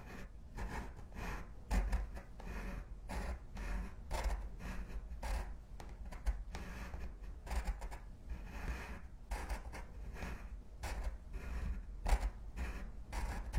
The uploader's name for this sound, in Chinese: 铅笔、钢笔写字声